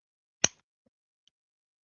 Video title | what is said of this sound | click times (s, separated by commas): He is finally here Iron factory 65 and 68 Liokaiser is here | We hear that snap. If you did, then it's done. The legs are done. It worked. | 0.4 s